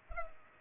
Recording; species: mosquito wingbeat signal from an infrared sensor; Culex pipiens